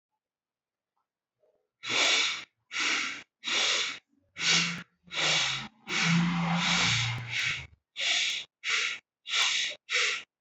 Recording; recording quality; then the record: shallow breathing; excellent, no background noise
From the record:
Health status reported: recovered from COVID-19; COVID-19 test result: negative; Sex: male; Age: 23 years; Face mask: not worn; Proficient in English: yes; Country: India